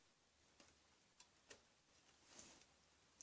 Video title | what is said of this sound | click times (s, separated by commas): Windows 2KPro for the first time in years (Part 1) | Come on. There you go. Snap. Don't know if you can hear that. | 3.2 s